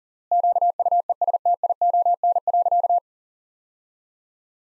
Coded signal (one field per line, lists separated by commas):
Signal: Morse code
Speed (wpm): 40 wpm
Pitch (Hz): 700 Hz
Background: none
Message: QUESTION.